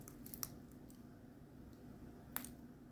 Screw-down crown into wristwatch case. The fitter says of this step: with these I found that you have to push on them just a little bit like push down or push up a little bit so they pop into place correctly there